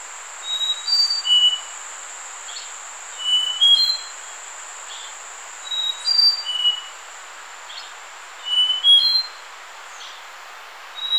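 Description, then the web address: Slaty-backed nightingale-thrush song: repeated short phrases of sweet whistled notes, coming every two to three seconds, over a thin constant high tone. Ecuador. "Natures Songs S America Birds of Ecuador Slaty-backed Nightingale-Thrush"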